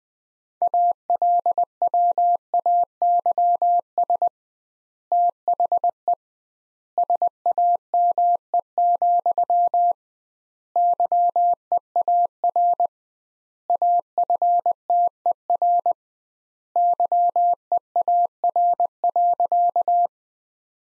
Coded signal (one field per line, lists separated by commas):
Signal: Morse code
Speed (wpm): 20 wpm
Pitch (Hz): 700 Hz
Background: none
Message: ALWAYS THE SAME, YEAR AFTER YEAR.